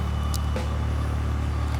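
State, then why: Seated. A Joby GorillaPod flexible tripod mount is attached to an A7S camera body to serve as a handle, and it clicks home with a single sharp click at 0.4 s. A steady low rumble runs underneath throughout. The mount is seated.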